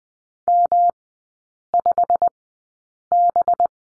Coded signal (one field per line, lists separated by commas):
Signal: Morse code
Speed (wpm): 20 wpm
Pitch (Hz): 700 Hz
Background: none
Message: M5B